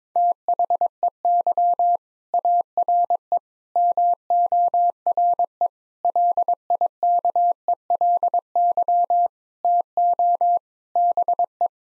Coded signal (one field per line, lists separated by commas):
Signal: Morse code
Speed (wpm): 22 wpm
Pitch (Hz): 700 Hz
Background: none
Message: THEY ARE MORE LIKELY TO BE